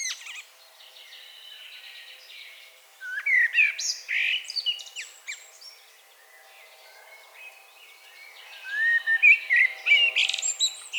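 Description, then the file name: Common blackbird song: two fluty, warbled phrases near three and ten seconds, each ending in high squeaky twitters. "Turdus merula"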